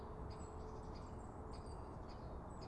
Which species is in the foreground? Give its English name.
Great Spotted Woodpecker